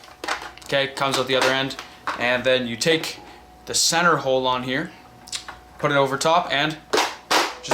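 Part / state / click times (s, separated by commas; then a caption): plastic accessory onto a toy foam-dart blaster / seated / 7.7 s. Someone talks while placing the centre piece of a plastic accessory over the top of a NERF Zombie Strike ZED Squad Longshot CS-12 toy foam-dart blaster. At 7.7 s it is banged on with a sharp snap, and the accessory locks in place on the blaster.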